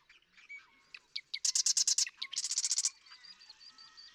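Marsh Wren delivering a short song: scattered ticks building into two quick rattling trills.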